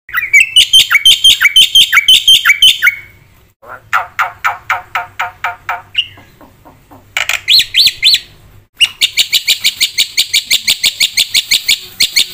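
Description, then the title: Black-winged myna singing loud chattering phrases: whistled notes slurring together, then quick series of repeated strokes and high buzzy rattles, with abrupt pauses. Known locally as jalak putih; energetic, full-fill fast song used as bait and master recording for training other songbirds. "Burung Jalak Putih Gacor Full Isian Cepat Untuk PANCINGAN Dan MASTERAN"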